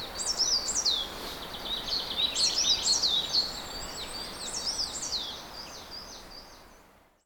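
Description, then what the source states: Bird song with repeated high whistles that climb and swoop down, coming in quick phrases, with steady hiss until the sound cuts out. Recorded at Czantoria.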